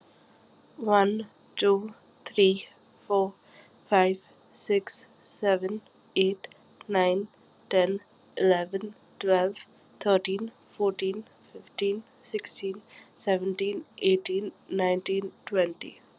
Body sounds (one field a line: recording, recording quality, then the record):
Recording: counting at a normal pace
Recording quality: excellent, no background noise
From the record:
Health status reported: COVID-19 positive, mild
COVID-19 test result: positive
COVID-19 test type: RT-PCR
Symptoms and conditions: cough, cold, sore throat, fever, fatigue, muscle pain, loss of smell and taste, asthma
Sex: female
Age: 25 years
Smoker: no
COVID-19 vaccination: both doses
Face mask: not worn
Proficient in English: yes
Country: India